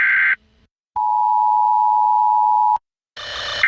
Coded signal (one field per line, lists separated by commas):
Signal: Emergency Alert System (SAME) tones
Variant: 853 and 960 Hz attention tone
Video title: AMERICA EAS SCENARIO SPED UP!